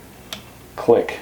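A tension adjuster on a Leroux quick-detach throw-lever scope ring mount, fitted to a Weaver rail on a Christensen Arms MPR 6.5 Creedmoor, is turned to set how tightly the metal throw levers clamp. It gives a single sharp detent click at 0.3 s, adding tension to the throw levers. Someone talks afterward.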